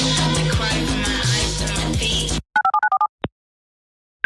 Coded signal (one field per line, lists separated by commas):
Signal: DTMF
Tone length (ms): 90 ms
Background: music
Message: 957947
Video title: EAS Mock (Requested): "Did they predict this to happen or something?" [Civil Emergency Message]